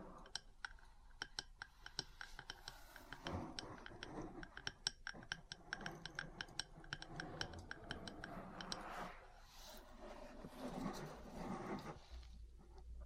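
Metal parts tap and scratch in a busy, irregular stream of sharp clicks, with quick bursts of taps through the first nine seconds. Rougher scraping and rubbing noises swell beneath them around 3–5 and 9–12 seconds, then the activity thins toward the end.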